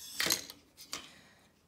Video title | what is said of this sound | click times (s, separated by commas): Figurine du condor des mystérieuses cités d’or (pièce de collections) | Mince, je l'ai mal clipsé le pied. | 0.9 s